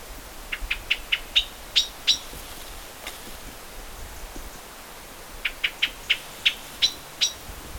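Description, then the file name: Common blackbird calling in two rapid runs of hard, metallic chinks, separated by a few seconds of quiet background hiss. "Turdus merula"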